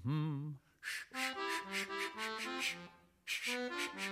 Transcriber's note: soundbite of humming, harmonica music, sweeping noises